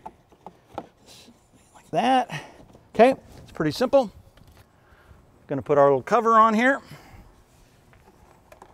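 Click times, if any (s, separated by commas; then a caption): none. Someone talks while handling the plastic cabin air filter housing cover, about to press it onto the filter housing behind the glovebox after the new cabin air filter has been reinserted. Brief faint taps and handling noises are heard near the start and end, with quiet gaps between the talking. Nothing has seated or clicked into place yet.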